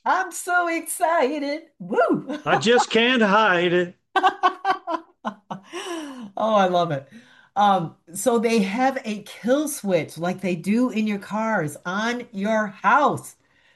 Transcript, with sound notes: I'm so excited. Woo! (laughs)
I just can't hide it.
(laughs) Oh, I love it. Um, so they have a kill switch like they do in your cars on your house.